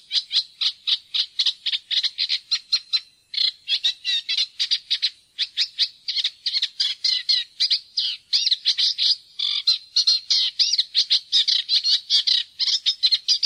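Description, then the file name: Eurasian reed warbler chattering continuously, rapid scratchy and chirping notes in a jerky, repetitive stream with brief pauses. "roersanger"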